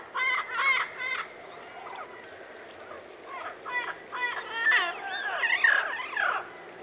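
Parrots calling: short stacked squawks repeated in quick clusters early on, then a burst of overlapping warbled and chattering notes near the end.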